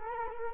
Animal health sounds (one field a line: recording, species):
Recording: mosquito wingbeat signal from an infrared sensor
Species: Culex quinquefasciatus